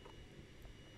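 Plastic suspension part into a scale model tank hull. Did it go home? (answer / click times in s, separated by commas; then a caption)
no / none. A plastic suspension part for the lower hull of a 1/35 scale TAKOM M31 US Tank Recovery Vehicle model is being handled and pressed toward position to dry fit it. Only a steady low background hiss and faint handling noise are heard, with a small sharp sound at 1.1 s right at the end. Nothing has seated or clicked into place yet.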